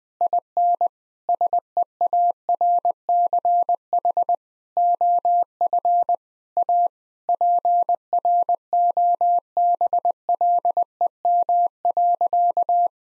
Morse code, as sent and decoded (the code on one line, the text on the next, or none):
.. -. / ... . .- .-. -.-. .... / --- ..-. / .- / .--. .-. --- -... .-.. . -- .-.-.-
IN SEARCH OF A PROBLEM.